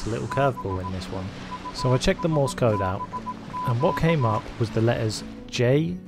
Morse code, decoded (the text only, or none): BUSBQ